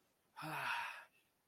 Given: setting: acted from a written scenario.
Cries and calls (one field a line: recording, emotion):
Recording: vocal sound without words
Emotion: relief